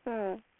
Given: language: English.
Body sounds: throat vibration sensor signal played as sound; speech

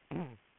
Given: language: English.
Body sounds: throat vibration sensor signal played as sound; throat clearing

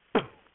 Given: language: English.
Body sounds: throat vibration sensor signal played as sound; cough

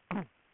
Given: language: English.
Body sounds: throat vibration sensor signal played as sound; throat clearing

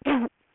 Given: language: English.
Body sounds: throat vibration sensor signal played as sound; cough

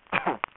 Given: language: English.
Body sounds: throat vibration sensor signal played as sound; cough

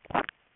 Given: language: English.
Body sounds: throat vibration sensor signal played as sound; swallow

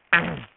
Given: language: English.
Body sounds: throat vibration sensor signal played as sound; throat clearing

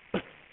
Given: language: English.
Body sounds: throat vibration sensor signal played as sound; cough

